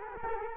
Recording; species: mosquito wingbeat signal from an infrared sensor; Culex quinquefasciatus